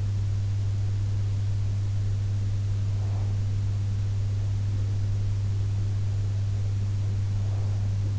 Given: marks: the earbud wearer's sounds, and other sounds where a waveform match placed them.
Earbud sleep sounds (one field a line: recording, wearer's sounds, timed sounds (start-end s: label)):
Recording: sounds in sleep by an in-ear microphone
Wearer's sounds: breath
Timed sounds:
2.52-3.89 s: breath
7.14-8.19 s: breath